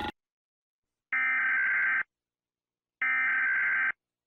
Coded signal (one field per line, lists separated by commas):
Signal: Emergency Alert System (SAME) tones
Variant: header bursts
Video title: - EAS Scenario - No Way Out (REACTION)